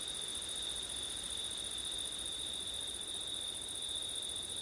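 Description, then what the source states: Cricket chorus forming a constant, even high-pitched trill that never pauses, with faint hiss beneath. Crickets singing on a September night, with wind.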